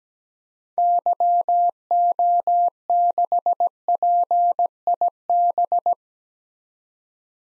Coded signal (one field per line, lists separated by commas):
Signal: Morse code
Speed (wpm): 17 wpm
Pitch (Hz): 700 Hz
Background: none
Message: YO6PIB